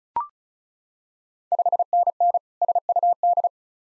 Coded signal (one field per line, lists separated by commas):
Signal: Morse code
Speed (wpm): 36 wpm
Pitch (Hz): 700 Hz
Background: none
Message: 5NN SUD